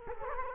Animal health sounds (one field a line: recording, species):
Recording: mosquito wingbeat signal from an infrared sensor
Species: Culex quinquefasciatus